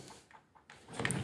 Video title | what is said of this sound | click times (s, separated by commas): MARTEAU PERFORATEUR 20v PARKSIDE PABH20LID4 | tournez un peu à droite à gauche jusqu'à que vous entendez le clic et là il tient | 1.0 s